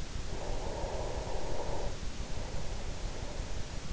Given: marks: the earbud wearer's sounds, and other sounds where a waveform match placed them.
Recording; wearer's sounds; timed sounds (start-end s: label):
sounds in sleep by an in-ear microphone; breath
0.04-3.93 s: breath